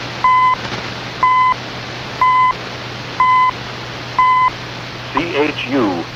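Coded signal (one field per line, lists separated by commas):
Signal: radio time signal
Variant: CHU Canada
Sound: five short 1 kHz ticks, one each second, over static, then a brief voice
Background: radio static, hum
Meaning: Each tick marks one second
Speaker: This is from the 18th of July on 14670. CHU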